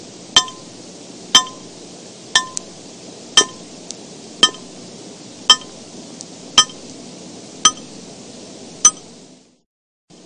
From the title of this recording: The crisp ticking of the falling water and the waves of the water falling one by one